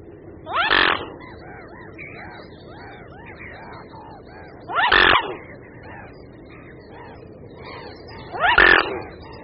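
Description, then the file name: Mute swan uttering three hoarse, snorting calls spaced about four seconds apart over a continuous background of calling. "Labuť-velká"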